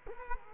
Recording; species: mosquito wingbeat signal from an infrared sensor; Culex quinquefasciatus